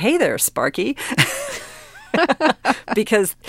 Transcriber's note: laughter